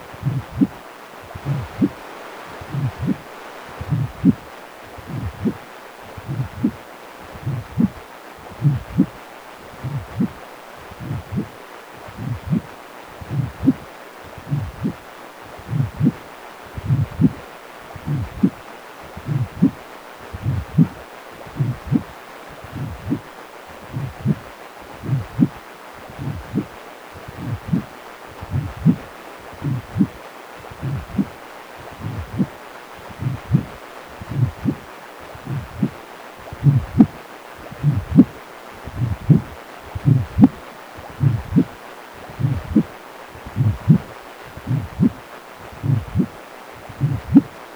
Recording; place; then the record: Doppler ultrasound of blood flow; precordium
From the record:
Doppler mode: continuous wave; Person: healthy adult, 18 to 50 years, no heart murmur, not diving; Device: 2.5 MHz transducer